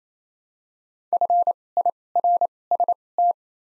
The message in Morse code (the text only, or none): F I R S T